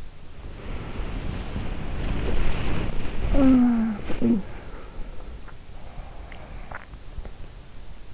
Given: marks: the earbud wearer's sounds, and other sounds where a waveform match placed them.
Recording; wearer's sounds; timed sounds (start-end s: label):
sounds in sleep by an in-ear microphone; body movement, talking in sleep, swallowing
0.00-5.83 s: body movement
3.07-4.59 s: talking in sleep
5.34-8.10 s: sound from someone else or the room
6.37-7.75 s: swallowing